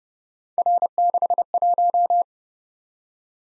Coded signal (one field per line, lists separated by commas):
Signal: Morse code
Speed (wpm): 30 wpm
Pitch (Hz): 700 Hz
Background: none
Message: R61